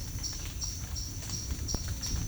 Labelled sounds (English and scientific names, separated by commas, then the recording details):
none
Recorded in secondary vegetation near Puerto Asís, Putumayo, Colombia, on 9 March 2025 at 12:30
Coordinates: 0.499, -76.323
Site G094